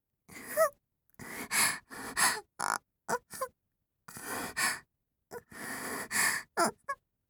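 Quiet, irregular gasping breaths from an adult, heard as short noisy bursts separated by pauses: an abnormal, labored breathing pattern.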